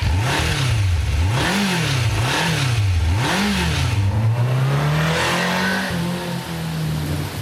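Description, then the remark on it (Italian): A motorcycle engine revs up and down about four times in a quick rhythm, then settles into a steady, higher-pitched drone, with a constant hiss like rain underneath, on a dark night in incessant rain. “Quando lascia l'esercito, con i soldi che riceve acquista una moto.”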